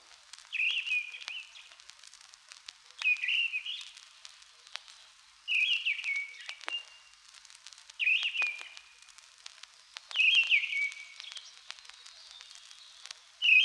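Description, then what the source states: Mistle Thrush song: short whistled phrases of about a second, repeated every two to three seconds, with faint clicks and crackle between them. Occasionally heard in old pine forest; described as beautiful.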